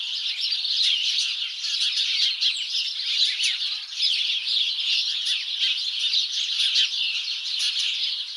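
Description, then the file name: House sparrow flock chirping, a loud, steady wall of sharp cheeps and chatters with no pauses. "Passer domesticus"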